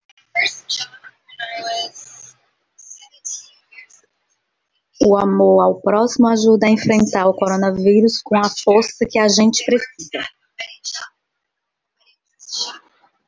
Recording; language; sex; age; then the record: spoken sentence; Brazilian Portuguese; female; 40 to 49 years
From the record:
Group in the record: control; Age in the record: 46 years